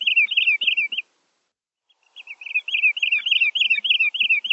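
Bird uttering rapid, high, rolling chirps in a steady series, pausing for about a second before resuming the same quick notes.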